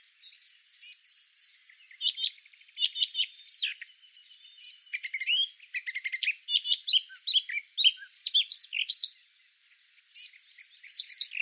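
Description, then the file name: Eurasian blackcap singing a fast, varied warble of chattering notes and brief clear whistled phrases, bursts repeated with short pauses throughout. "Sylvia atricapilla"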